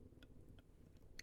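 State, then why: Seated. A plastic battle-station accessory for a Transformers Age of the Primes Commander Class Silverbolt toy is clicked onto the toy, its small cutouts slotting onto a section instead of a peg. Two faint ticks come at 0.2 and 0.6 seconds, then the accessory seats with a sharp click at 1.2 seconds.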